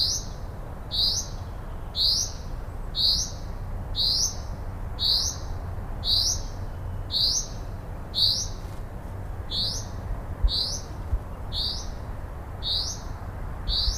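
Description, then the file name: Common chaffinch giving a string of short, clipped metallic notes roughly every second, about fourteen in all, with a faint low hum beneath. "Fringilla coelebs"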